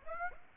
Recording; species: mosquito wingbeat signal from an infrared sensor; Aedes aegypti